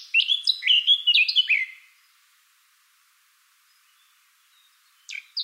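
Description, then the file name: Eurasian blackcap song, a brief two-second burst of quick, sliding whistled notes, then silence and a short fresh start at the very end. "Sylvia atricapilla"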